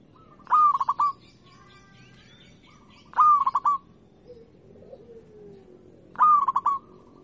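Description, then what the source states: Zebra dove singing three cooing phrases roughly every three seconds, each a slurred note and a rapid run of short beats, with a faint lower coo between. Local-type (lokal) zebra dove song (kicau).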